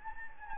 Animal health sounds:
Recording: mosquito wingbeat signal from an infrared sensor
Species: Anopheles gambiae

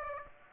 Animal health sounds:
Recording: mosquito wingbeat signal from an infrared sensor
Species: Aedes aegypti

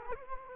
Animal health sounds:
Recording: mosquito wingbeat signal from an infrared sensor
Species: Culex quinquefasciatus

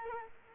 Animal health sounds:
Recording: mosquito wingbeat signal from an infrared sensor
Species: Culex quinquefasciatus

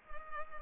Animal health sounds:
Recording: mosquito wingbeat signal from an infrared sensor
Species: Culex pipiens

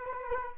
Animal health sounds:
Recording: mosquito wingbeat signal from an infrared sensor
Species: Culex quinquefasciatus

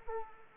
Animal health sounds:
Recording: mosquito wingbeat signal from an infrared sensor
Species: Anopheles arabiensis

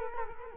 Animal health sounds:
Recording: mosquito wingbeat signal from an infrared sensor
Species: Culex quinquefasciatus

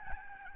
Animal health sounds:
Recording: mosquito wingbeat signal from an infrared sensor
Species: Aedes albopictus

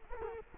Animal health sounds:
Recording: mosquito wingbeat signal from an infrared sensor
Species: Culex quinquefasciatus

